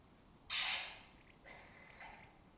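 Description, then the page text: Lesser kestrel giving one loud, grating screech that fades out, followed by two fainter, thinner calls. Colony that took over an abandoned building complex in Doñana; migratory raptor that forages in West Africa and breeds in southern Europe. "Lesser Kestrels Took Over an Abandoned Building. Here in Doñana"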